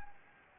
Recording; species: mosquito wingbeat signal from an infrared sensor; Anopheles gambiae